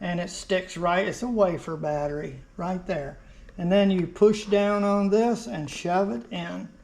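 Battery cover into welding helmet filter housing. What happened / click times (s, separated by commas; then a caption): Handled, battery cover not yet seated / none. Someone talks while handling the small plastic battery cover on the auto-darkening filter of a VEVOR auto-darkening welding helmet, which sits over a 3-volt CR2450 wafer coin-cell battery. The cover is pushed down and shoved in, with only speech heard throughout. Nothing has seated or clicked yet by the end of the clip.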